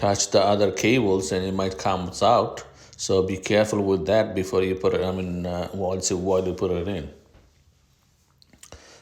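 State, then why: Seated. A RAM module is pushed down into a motherboard DIMM memory slot until the retention clips latch and it seats. Someone talks for about the first seven seconds, then after a quiet pause a sharp click is heard at 8.4 s, followed by a few smaller clicks just after.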